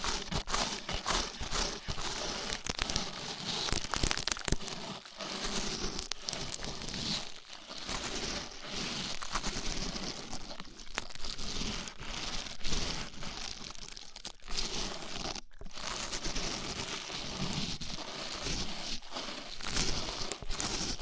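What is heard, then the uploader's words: Ear cleaning with a rough, scratchy texture: dense crinkling and crackling rubs fill the whole stretch, continuous and fairly even in level. Brief gaps and sharp dips break it up, with a clear short pause near fifteen seconds before the scraping resumes. ASMR Rough Ear Cleaning (No Talking).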